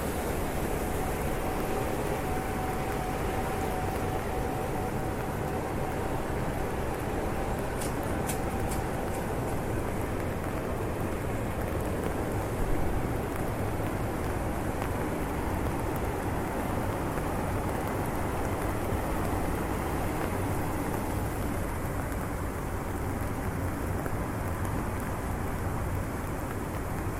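Rain on a street, heard while walking, as a steady dense hiss that stays even for the whole stretch. A low rumble of passing traffic runs underneath, and a few brief sharp clicks come around eight seconds in, with a faint tone early on.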